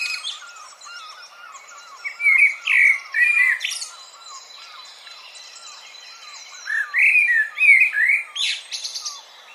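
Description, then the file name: Common blackbird song: two bursts of low fluted warbling phrases ending in high squeaky twitters, with another bird repeating soft notes steadily underneath. "Turdus merula"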